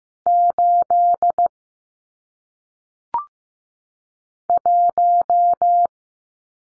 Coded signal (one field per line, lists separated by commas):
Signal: Morse code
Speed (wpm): 15 wpm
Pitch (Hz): 700 Hz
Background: none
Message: 8 1